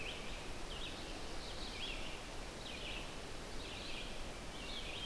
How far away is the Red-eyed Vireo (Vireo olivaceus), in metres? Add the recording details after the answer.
about 60 m. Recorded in boreal forest in Alberta, Canada, on 12 June 2016 at 05:09. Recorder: SongMeter 3, array SBT-3-18. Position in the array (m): 249 m, 108 m